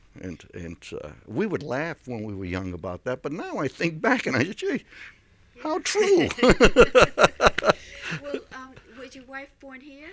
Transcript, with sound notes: And, and we would laugh when we were young about that. But now I think back and I think, gee, how true. (they laugh)
Well, was your wife born here?